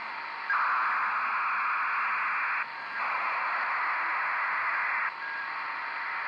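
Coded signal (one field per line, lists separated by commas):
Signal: ACARS aircraft data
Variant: HFDL (HF ACARS)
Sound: two-second bursts of dense rushing hiss, separated by short breaks, over radio static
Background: radio static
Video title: 17968 kHZ USB Наземная станция ACARS № 15, Бахрейн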